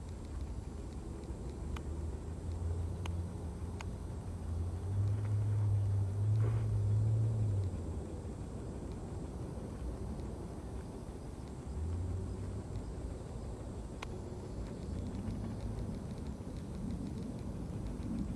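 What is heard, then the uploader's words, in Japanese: Outdoors, a steady low rumble of distant traffic fills the background, swelling between about 5 and 7.5 seconds as something heavier passes, then again near 13 seconds. Faint insects hum high above, and a few sharp snips of scissors sound sporadically. 人参除草 お昼前。ゆっくり育つ人参を、追い越そうとしてくる草を、ハサミで根元を切っていきます。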